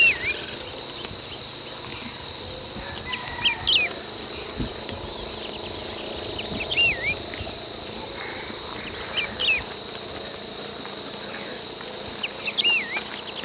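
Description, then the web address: Wedge-tailed grass-finch calls: scattered short, wavering notes every few seconds against a constant high-pitched insect hum. Recorded in Ecuador. "Natures Songs S America Birds of Ecuador. Wedge-Tailed Grass-Finch"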